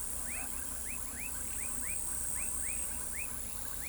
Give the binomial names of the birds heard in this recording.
none